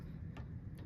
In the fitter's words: There's my click.